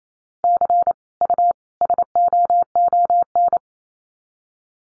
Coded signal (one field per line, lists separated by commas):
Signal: Morse code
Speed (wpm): 28 wpm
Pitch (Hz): 700 Hz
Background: none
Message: C U SOON